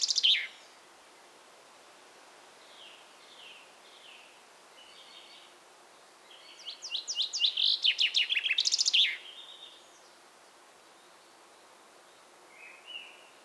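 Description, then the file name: Common chaffinch: the tail of one song, soft intermittent chirps, then a full rattling descending song with a closing flourish, followed by quiet notes. "Fringilla coelebs"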